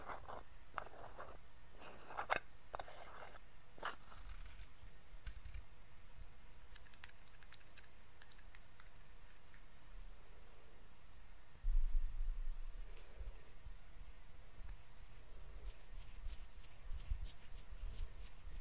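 Soft ASMR face treatment sounds: crackly, tapping touches cluster in the first four seconds, then a quieter stretch of faint rustling. Near twelve seconds a low thump lifts the level, followed by bright, rapid crinkly strokes and scratches that repeat steadily to the end.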